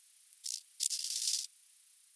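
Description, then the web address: Bow-winged grasshopper stridulation: two short, dry buzzing bursts, the second longer at about 0.7 seconds, high-pitched and hissy, over a quiet background. "heuschrecken audio nachtigallgrashüpfer"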